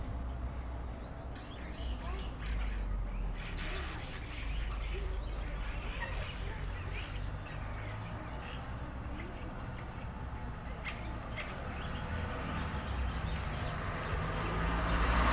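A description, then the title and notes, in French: Ambience from a housing estate in Masevaux: a steady low rumble runs the whole way through, while birds chirp and call in short bright bursts, busiest from about two to eleven seconds. A faint murmur of voices sits underneath. Masevaux lotissement. 1 x Sennheiser me64 + K6 > marantz pmd620.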